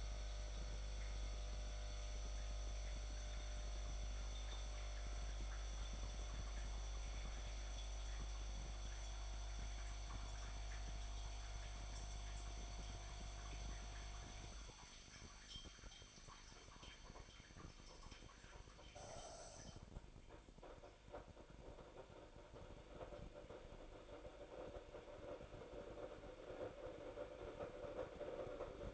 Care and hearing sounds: daily activity, microphone in the room; make coffee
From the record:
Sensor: 5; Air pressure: 1007.5 hPa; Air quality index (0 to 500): 109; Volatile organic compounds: 1 ppm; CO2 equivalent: 838 ppm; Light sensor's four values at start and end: 26/61/25/25 and 29/67/27/28

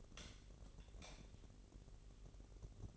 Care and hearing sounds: daily activity, microphone in the room; light off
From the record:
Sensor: 4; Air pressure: 1012.7 hPa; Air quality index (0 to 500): 246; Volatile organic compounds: 4 ppm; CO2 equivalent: 1678 ppm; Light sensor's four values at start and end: 17/45/18/19 and 15/35/14/14

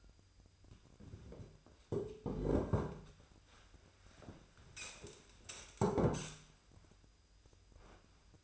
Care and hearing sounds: daily activity, microphone in the room; sit down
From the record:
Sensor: 2

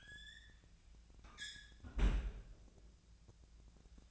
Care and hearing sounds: daily activity, microphone in the room; close fridge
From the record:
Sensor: 2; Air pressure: 1009.5 hPa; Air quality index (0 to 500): 186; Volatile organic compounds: 11 ppm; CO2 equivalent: 2314 ppm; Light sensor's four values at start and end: 24/59/25/28 and 24/58/25/27

